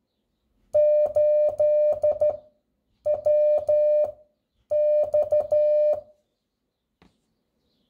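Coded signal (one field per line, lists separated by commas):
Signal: Morse code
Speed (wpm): 13 wpm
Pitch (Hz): 600 Hz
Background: none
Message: 8WX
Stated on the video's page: Radiotelegraphy: telegraphic signals keyed onto a radio carrier wave.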